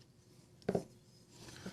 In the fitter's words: I reverse thread that first so here to click and then I go forward